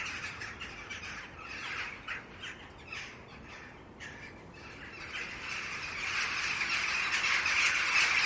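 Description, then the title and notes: Jackdaws calling in a quick series of sharp, squeaky chack notes, several birds overlapping, over background noise that grows louder toward the end. "untitled [jackdaws] by Jimmy Kipple"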